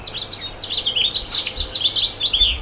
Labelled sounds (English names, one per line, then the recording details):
House Finch song
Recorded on Long Island, New York, on 23 June 2011
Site IT
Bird A